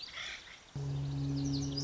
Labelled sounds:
Lazuli Bunting
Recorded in Sonoma County, California

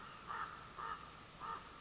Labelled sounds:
Common Raven
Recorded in Sonoma County, California

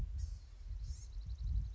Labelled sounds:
Blue-gray Gnatcatcher
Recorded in Sonoma County, California

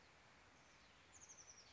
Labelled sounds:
Oak Titmouse
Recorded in Sonoma County, California

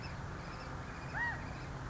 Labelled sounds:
California Quail
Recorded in Sonoma County, California

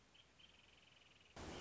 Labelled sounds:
Wrentit
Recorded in Sonoma County, California

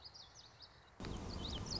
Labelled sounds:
Common Yellowthroat
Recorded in Sonoma County, California

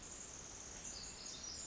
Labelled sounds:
Pacific Wren
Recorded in Sonoma County, California

